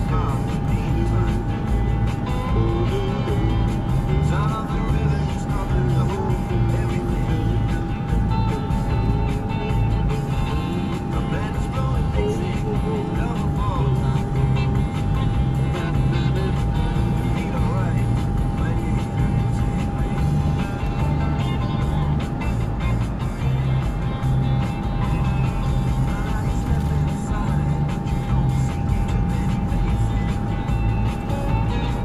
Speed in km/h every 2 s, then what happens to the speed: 82, 81, 79, 77, 77, 77, 76, 77, 77, 77, 77, 79, 79, 79, 79, 81.
0-32 steady at about 77.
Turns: none.